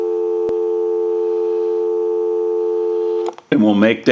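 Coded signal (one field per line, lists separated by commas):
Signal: telephone call progress tone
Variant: North America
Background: speech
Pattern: dial tone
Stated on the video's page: Heard on a Western Electric rotary dial Princess telephone during its initial checkout and repair.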